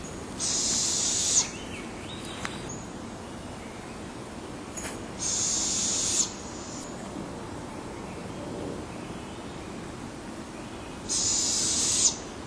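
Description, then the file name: Owlet hissing call: three harsh, breathy hisses about a second long, spaced several seconds apart, over steady low background rumble. Recorded on 21 June 2008. "owlet 20080621"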